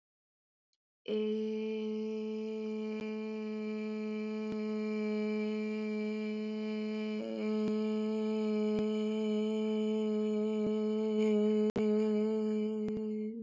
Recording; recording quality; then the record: sustained vowel as in made; excellent, no background noise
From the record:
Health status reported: COVID-19 positive, no symptoms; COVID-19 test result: positive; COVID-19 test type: RT-PCR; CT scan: not taken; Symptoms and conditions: fever, fatigue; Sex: female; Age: 24 years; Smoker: no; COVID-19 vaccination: both doses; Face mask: not worn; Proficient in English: yes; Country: India